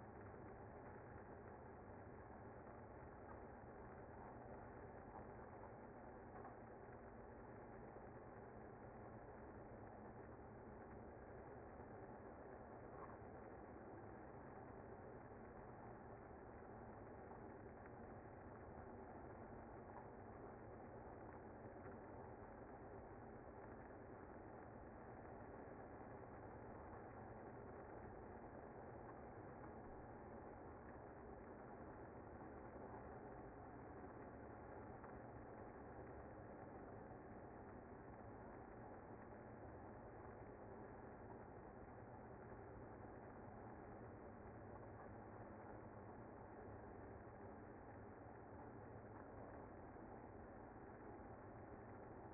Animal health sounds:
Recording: honeybee colony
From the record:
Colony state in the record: active

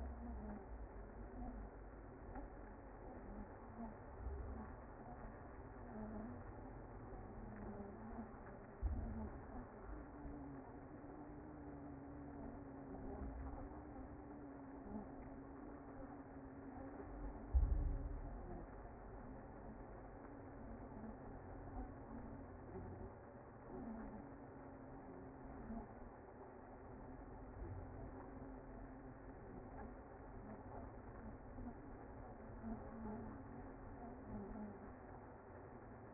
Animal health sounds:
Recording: honeybee colony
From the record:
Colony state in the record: active

